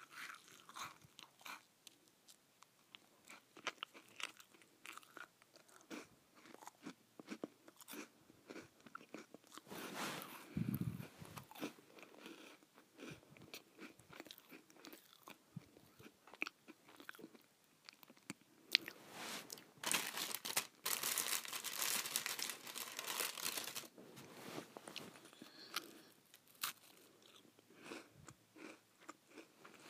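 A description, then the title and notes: Someone eats crackers, with dense, irregular crunching and chewing throughout the half minute. Louder, brighter bursts of crunching cluster around ten seconds and again from about nineteen to twenty-four seconds, with quieter chewing between, plus a brief low thump near eleven seconds. ASMR Eating Crackers.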